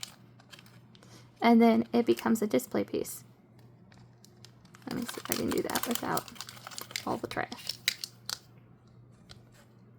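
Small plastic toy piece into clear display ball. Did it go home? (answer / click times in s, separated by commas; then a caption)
no / none. A small plastic piece from a blind-box mini toy is handled beside its clear plastic display ball while someone talks, with crinkling and light tapping sounds. The piece has not yet snapped into the ball by the end of the clip.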